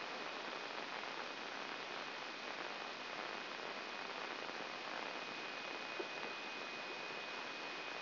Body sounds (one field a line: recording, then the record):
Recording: brain microelectrode recording played as sound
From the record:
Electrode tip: inside the subthalamic nucleus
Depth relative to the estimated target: 3 mm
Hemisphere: right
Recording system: AlphaMap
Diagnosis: Parkinson's disease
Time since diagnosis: 16 years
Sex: male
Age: 60 years